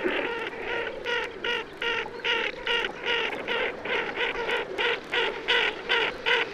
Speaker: Hören wir nun zum Vergleich die Rufe fliegender Moorenten.